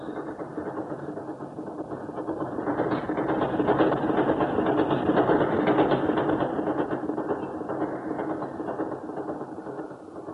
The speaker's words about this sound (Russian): Вот он, поезд из Москвы.